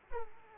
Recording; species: mosquito wingbeat signal from an infrared sensor; Aedes aegypti